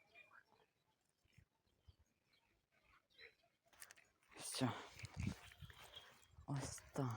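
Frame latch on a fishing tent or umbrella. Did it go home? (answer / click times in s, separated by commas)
no / none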